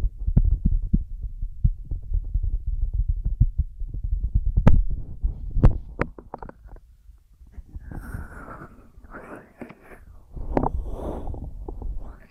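Ear massage and cleaning sounds: dense, low rubbing thumps crowd the first six seconds, punctuated by a few sharp clicks. After that the rubbing turns softer and scratchier, with brighter rustling bursts around eight and eleven seconds and quieter gaps between.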